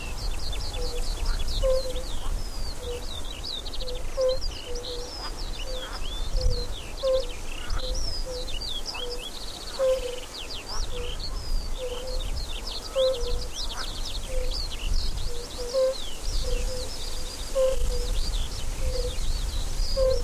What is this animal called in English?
Fire-Bellied Toad